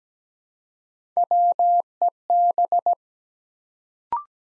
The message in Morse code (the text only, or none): WEB